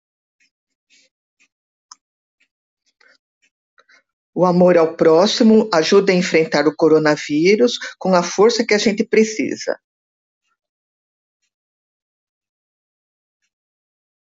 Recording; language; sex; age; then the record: spoken sentence; Brazilian Portuguese; female; 60 to 69 years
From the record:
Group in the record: control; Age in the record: 67 years